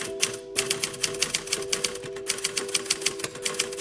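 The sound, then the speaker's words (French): A typewriter clatters away frantically as Marcel Dominici types in his cellar fitted out as a bunker, on 16 March 1986, rapid irregular key strikes in quick bursts with a brief pause near the start, over a steady low mechanical hum. No one speaks. “À quelques kilomètres du château des Comtes, sur lequel a été bâti l'hôtel de ville, retranché dans sa cave aménagée en bunker, Marcel Dominici tape frénétiquement à la machine.”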